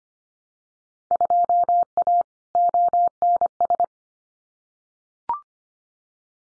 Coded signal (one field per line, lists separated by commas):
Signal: Morse code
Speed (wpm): 25 wpm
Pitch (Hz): 700 Hz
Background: none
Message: 2A ONS